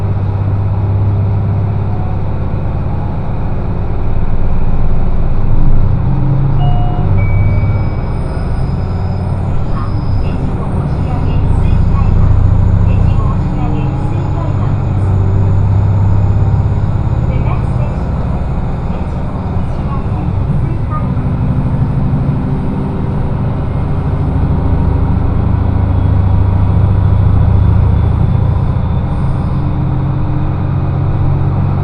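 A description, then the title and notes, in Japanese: A train ride on the Echigo Tokimeki Railway, with a steady low rumble and drone filling the whole recording. The hum swells and eases in slow waves, with faint high whines and squeals drifting above it and muffled voices now and then. 耳で楽しむ鉄道旅 えちごトキめき鉄道 高田→直江津→糸魚川。ディーゼルカー1両で足りてしまいます。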